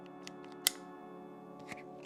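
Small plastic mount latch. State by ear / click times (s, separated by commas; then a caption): seated / 0.7 s. An action camera is set onto its magnetic quick-release mount, where the magnet pulls it in and two small locking arms snap it into place. A faint tick at 0.3 s comes before a sharp, bright click at 0.7 s, and a softer tap follows near 1.7 s over a steady tonal hum. The camera is seated and locked.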